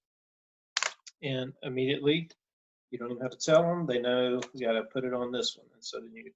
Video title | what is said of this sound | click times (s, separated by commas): Hot Wheels for Therapy? Oh Yeah! | going to take your pieces you're going to slide it under those things and it gives you great feedback because it pops into place | 0.8 s